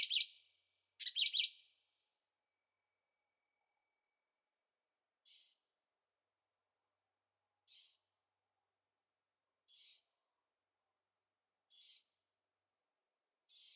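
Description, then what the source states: Bird calls, two rough, sputtering notes at the start, then a quiet stretch and five sharp high bursts spaced about two seconds apart. Birds singing at night in Carefree, Arizona; recorded with a Zoom H6 and stereo microphones.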